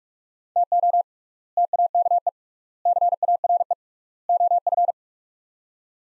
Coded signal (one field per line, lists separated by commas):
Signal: Morse code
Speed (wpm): 44 wpm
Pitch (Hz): 700 Hz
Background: none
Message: TO TAKE CARE OF